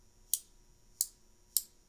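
The ratchet knob on a closed micrometer is rotated, and its torque limiter slips at its set force, producing three short, sharp clicks at 0.3, 1.0 and 1.6 seconds. The torque limiter is confirmed to be working.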